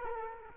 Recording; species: mosquito wingbeat signal from an infrared sensor; Culex quinquefasciatus